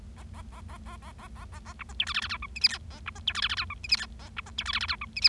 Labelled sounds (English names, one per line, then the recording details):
Bengalese Finch song
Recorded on 25 March 2012 at 12:43
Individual gy6or6